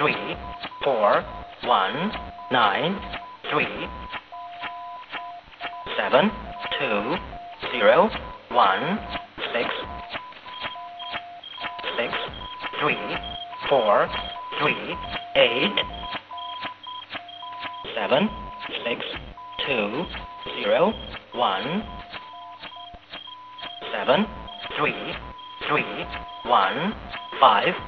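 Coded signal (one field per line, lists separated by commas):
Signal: numbers station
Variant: E07 English Man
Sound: a male voice reading short words at a steady, even rhythm, on and on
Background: radio static, carrier tones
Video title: Russian E07 "English Man" number station at 13527 kHz (long message)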